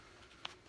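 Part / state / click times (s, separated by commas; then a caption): press snap on a baby carrier body panel / seated / 0.5 s. A press snap on the fabric body panel of a baby carrier is fastened to set the narrow width setting. A single sharp snap is heard at 0.5 s over a quiet background, and the snap is seated closed.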